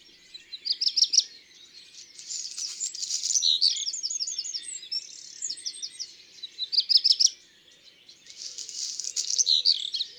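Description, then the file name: Black redstart repeating its song several times: bright clipped high notes in quick series, broken by scratchy, crackling rattles, with short pauses between phrases. "Rougequeue noir ABC des chants doiseaux"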